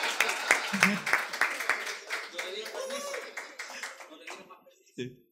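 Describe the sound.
An audience at a payada (improvised sung verse) show at a university claps for a woman who is leaving, in a dense burst of applause that gradually thins and fades over about four seconds, with a voice speaking over it and a brief sound at the end.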